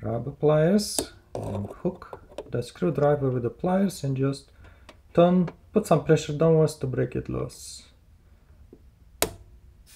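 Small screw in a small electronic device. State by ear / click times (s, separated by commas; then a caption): released / 9.2 s. A small, old, stuck screw in a small electronic device is turned with a screwdriver gripped by pliers while pressing down. Someone talks for most of the clip, then a sharp click at 9.2 s marks the screw breaking loose and being released.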